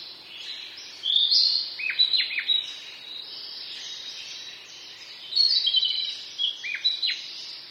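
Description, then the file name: Narcissus flycatcher song: bright high whistled notes and sharp falling slurs in two short phrases, with soft steady background noise between them. "kibitaki"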